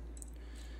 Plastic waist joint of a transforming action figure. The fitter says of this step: a cintura ela vai dar uma leve encaixada nessa posição se